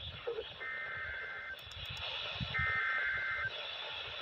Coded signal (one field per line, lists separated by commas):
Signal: Emergency Alert System (SAME) tones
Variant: header bursts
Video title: EAS- VEF Required Weekly Test on NWR (With Special Blooper from the cat 😺) WXL36/ WNG634 (10/9/24)